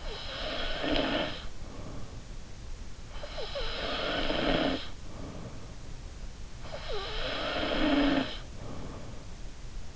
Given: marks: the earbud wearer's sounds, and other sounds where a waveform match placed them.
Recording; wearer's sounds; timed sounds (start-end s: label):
sounds in sleep by an in-ear microphone; snoring breath
0.00-2.24 s: snoring breath
3.18-5.69 s: snoring breath
6.74-9.31 s: snoring breath